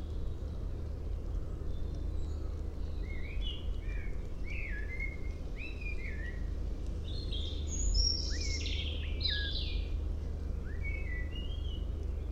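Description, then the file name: Common blackbird singing a string of mellow, fluty warbled phrases and high squeaky twitters, with a low rumble behind. "Turdus merula"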